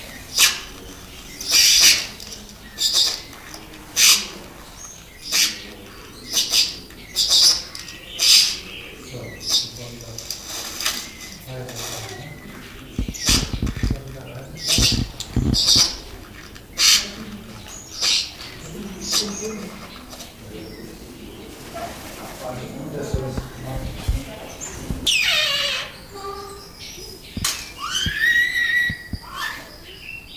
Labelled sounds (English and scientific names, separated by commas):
Trumpet Manucode (Phonygammus keraudrenii) call